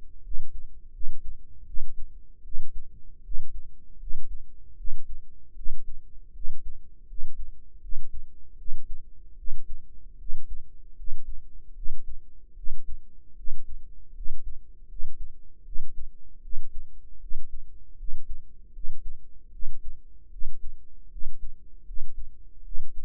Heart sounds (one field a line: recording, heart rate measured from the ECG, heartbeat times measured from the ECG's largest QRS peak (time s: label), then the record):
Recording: heart sounds by microphone in the right ear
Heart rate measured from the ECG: 78 bpm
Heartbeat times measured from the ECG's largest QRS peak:
0.21 s: heartbeat
0.91 s: heartbeat
1.64 s: heartbeat
2.42 s: heartbeat
3.21 s: heartbeat
3.97 s: heartbeat
4.75 s: heartbeat
5.53 s: heartbeat
6.32 s: heartbeat
7.05 s: heartbeat
7.79 s: heartbeat
8.55 s: heartbeat
9.35 s: heartbeat
10.16 s: heartbeat
10.94 s: heartbeat
11.73 s: heartbeat
12.54 s: heartbeat
13.34 s: heartbeat
14.12 s: heartbeat
14.86 s: heartbeat
15.63 s: heartbeat
16.40 s: heartbeat
17.18 s: heartbeat
17.95 s: heartbeat
18.71 s: heartbeat
19.50 s: heartbeat
20.29 s: heartbeat
21.08 s: heartbeat
21.83 s: heartbeat
22.62 s: heartbeat
From the record:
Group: healthy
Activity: rest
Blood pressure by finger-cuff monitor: 121/82 mmHg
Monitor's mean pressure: 93 mmHg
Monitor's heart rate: 77 bpm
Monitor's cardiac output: 5.7 L/min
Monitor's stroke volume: 73 mL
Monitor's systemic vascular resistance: 1200 dyn s/cm5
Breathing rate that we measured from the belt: 17 breaths a minute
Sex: female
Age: 22 years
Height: 160 cm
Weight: 45 kg